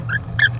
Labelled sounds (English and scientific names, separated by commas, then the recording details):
Green-rumped Parrotlet (Forpus passerinus) babbling
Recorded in a nest box in Venezuela
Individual 18B17A4